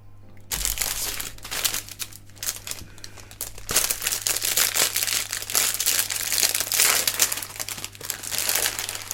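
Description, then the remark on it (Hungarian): A plastic parts bag from a bonsai tree building set is crinkled and rustled open during building, a dense, continuous crackling that starts abruptly and keeps going with bursts of louder crumpling, steady low hum underneath and no talking. “Na, közben egyébként haladok az építéssel, és megvan a bonsai fánknak a törzse, mindenféle liánokkal rajta, úgyhogy ezzel egyébként a második zacskó végére értem, és most jön a harmadik.”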